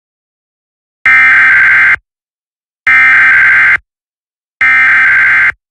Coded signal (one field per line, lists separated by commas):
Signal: Emergency Alert System (SAME) tones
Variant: header bursts